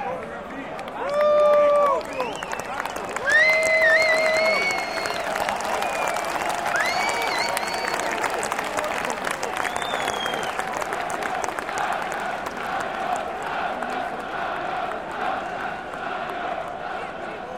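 Football fans chanting at a match, with a dense crowd roar throughout. Loud sustained shouts or whistles rise and bend at about 1–2, 3–4.5, 7–8 and 10 seconds, then the noise settles into a steady, busy crowd murmur with scattered clapping.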